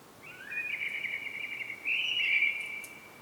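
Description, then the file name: Common blackbird producing a short, continuous mellow warble that swells slightly louder toward the end. "Turdus merula"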